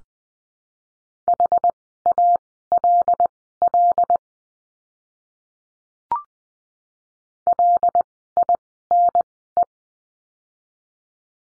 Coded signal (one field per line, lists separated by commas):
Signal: Morse code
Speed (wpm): 20 wpm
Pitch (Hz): 700 Hz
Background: none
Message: HALL LINE